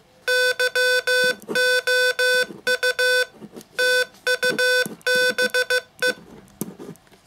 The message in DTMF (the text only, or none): none